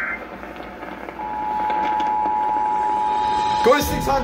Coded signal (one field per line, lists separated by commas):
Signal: Emergency Alert System (SAME) tones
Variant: 853 and 960 Hz attention tone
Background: speech